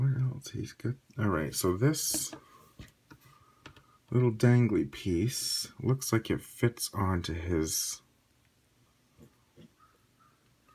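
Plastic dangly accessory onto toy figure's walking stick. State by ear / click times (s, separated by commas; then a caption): not seated / none. A small plastic dangly accessory is handled and lined up on a Playmobil series 11 toy figure's walking stick. Someone talks, then a few faint light taps are heard around 3.1 and 3.7 seconds before a quiet stretch. The piece has not clicked onto the stick yet.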